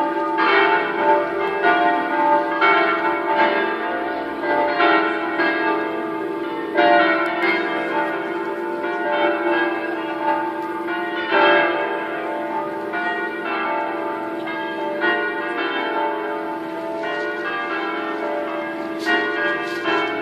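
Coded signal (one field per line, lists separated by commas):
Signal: bell signal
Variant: five-bell swinging peal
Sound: five church bells swinging and ringing together in a continuous overlapping peal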